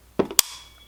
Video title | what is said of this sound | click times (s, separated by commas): How to disassemble a 1911 quickly! | So, you heard that positive click. | 0.4 s